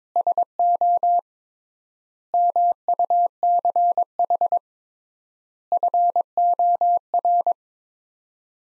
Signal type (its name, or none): Morse code